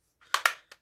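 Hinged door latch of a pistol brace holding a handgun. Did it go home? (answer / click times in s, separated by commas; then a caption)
yes / 0.3 s. A hinged flap on a pistol brace holding a handgun is swung up and clicked back into place after the pistol has been pushed fully forward into the brace. A soft scrape is followed by a sharp latch click at 0.3 s, a second sharp click at 0.5 s and a faint tap at 0.7 s. The brace door latches closed and seats.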